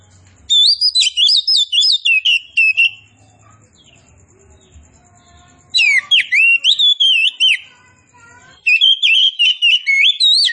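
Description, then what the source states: Oriental magpie-robin song in bursts of rich, fast-changing whistles and trills; a quiet gap of a few seconds follows the first burst, and the last two run almost together. Kacer poci type, described as singing vigorously (gacor).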